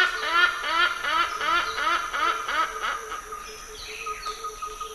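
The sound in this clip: Toucan giving a fast series of hoarse, croaking notes, about three per second, fading after three seconds, over a steady high background tone.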